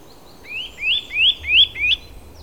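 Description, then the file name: Eurasian nuthatch calls: four loud rising whistles given in quick succession over a quiet background. "Sitta europaea"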